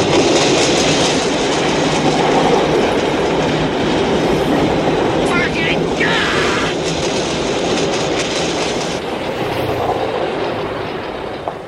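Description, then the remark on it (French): A Paris metro train rumbles steadily on an elevated track by the Bir-Hakeim bridge in a film scene, with a loud, continuous roar of wheels and rhythmic clattering that holds for the whole stretch, briefly joined by a higher metallic squeal. “Il divague sous le métro aérien, les yeux dans le vide, les mains dans la poche”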